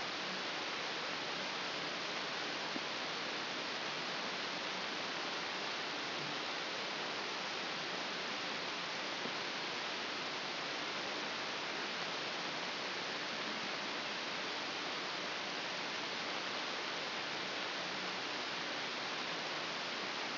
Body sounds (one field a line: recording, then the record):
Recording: brain microelectrode recording played as sound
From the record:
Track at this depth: inside the subthalamic nucleus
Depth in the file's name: 5.712 mm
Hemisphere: left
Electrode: 2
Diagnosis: Parkinson's disease